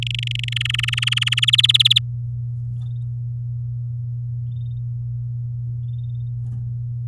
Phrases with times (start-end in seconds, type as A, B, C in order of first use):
0.02-0.49 A, 0.52-1.40 B, 1.42-1.99 C